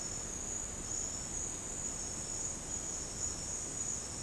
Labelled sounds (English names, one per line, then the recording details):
none
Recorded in secondary vegetation near Puerto Asís, Putumayo, Colombia, on 13 March 2025 at 13:30
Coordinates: 0.485, -76.322
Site G040